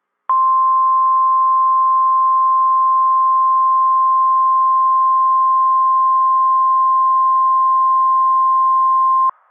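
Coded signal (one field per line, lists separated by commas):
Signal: Emergency Alert System (SAME) tones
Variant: 1050 Hz attention tone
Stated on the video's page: NOAA Weather Radio station KEC74 Indianapolis broadcasting a Severe Thunderstorm Watch.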